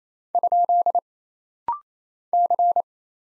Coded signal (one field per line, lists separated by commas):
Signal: Morse code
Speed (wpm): 28 wpm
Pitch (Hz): 700 Hz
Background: none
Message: ? C